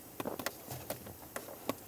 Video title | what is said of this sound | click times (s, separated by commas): How to Replace Steering Column Plunger Shaft 2001-2005 Ford Explorer Sport Trac | there we go i heard a little click now i'm going to grab on to it i'm going to try as hard as i can to pull it out of there | 0.5 s